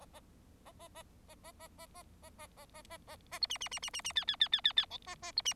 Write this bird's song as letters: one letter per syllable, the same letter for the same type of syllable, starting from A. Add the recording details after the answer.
A A A A A A A A A A A A A A A B C C C C C C D D D D D D E A A B C. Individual Bird4